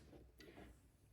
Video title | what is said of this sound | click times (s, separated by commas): Flywing Bell 206 V4 470 Size Unboxing | and you push all the way in and you turn it and it locks in place. | 0.4 s